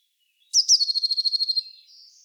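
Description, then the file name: Eurasian blue tit call: two sharp high notes followed by an even, fast buzzy churr of about a second, then a faint thin rising sound. "Cyanistes caeruleus"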